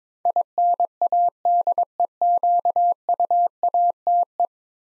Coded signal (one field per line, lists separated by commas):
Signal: Morse code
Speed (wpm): 22 wpm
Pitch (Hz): 700 Hz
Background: none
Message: INADEQUATE